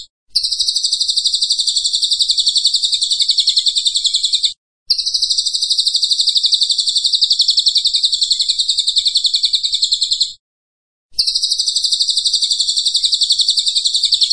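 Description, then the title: Pygmy bushtit song: fast, thin, high trill pulsing steadily for several seconds at a time, interrupted by brief gaps, with no other sounds. Training (masteran) recording of a Cililin singing persistently (gacor). "Cililin AMPUH"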